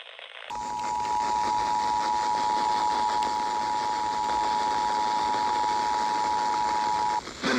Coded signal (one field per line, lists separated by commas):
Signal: Emergency Alert System (SAME) tones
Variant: 853 and 960 Hz attention tone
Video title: EAS Alerts From 7/11/25: A Compilation (EAS 901-908)